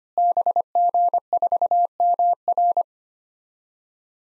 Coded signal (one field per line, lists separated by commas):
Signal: Morse code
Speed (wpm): 25 wpm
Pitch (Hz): 700 Hz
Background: none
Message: BG4MR